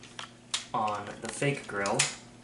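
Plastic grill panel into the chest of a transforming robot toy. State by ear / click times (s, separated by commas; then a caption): not seated / none. While a Masterpiece Shattered Glass Transformer plastic robot toy is being transformed, its fake grill panel is closed toward the chest so a tab can go into a clipping point. Someone talks over a few faint plastic taps and handling sounds. Nothing has seated or clicked into place yet.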